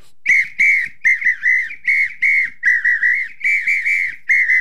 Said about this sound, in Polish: Apito, gdzie pan ma gwizdek, panie pierwszy? Apito, nie gwizdek, tylko Apito.